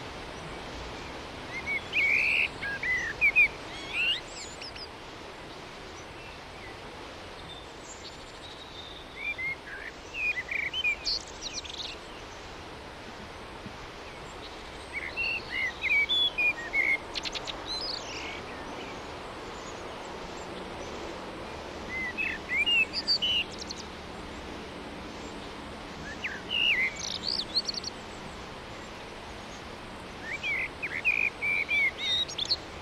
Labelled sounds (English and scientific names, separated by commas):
Common Blackbird (Turdus merula) song